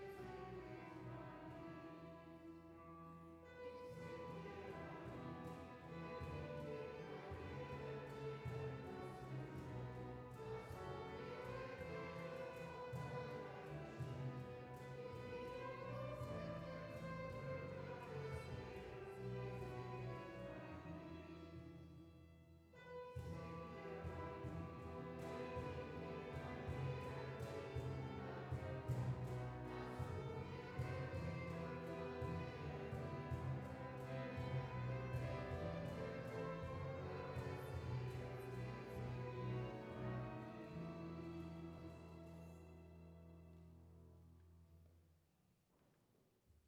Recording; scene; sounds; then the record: everyday scene through a hearing-aid microphone; reverberant space; music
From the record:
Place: church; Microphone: behind the ear, left, front